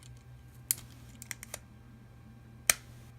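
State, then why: Seated. The plastic legs of a toy vehicle are pulled out on the robot body until they lock into their extended position. Sharp snaps come at 0.7 s and 2.7 s, with a few fainter clicks around 1.2–1.5 s in between. The legs end up seated in extended mode.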